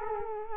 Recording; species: mosquito wingbeat signal from an infrared sensor; Culex quinquefasciatus